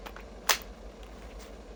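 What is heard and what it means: The quick-eject release on a FLEX compact 2-amp stacked lithium battery, down to 3 bars, is pressed to remove it from a FLEX compact impact wrench. A single sharp click at 0.5 s is heard as the battery pops out, with only faint handling noise around it. The battery is released.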